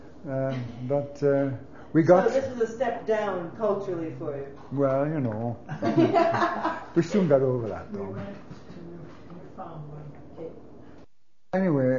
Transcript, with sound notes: Um, but we got to uh.
So this is a step down culturally for you.
Well you know (laughs) we soon got over that though. Anyway